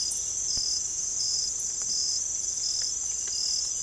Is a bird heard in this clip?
no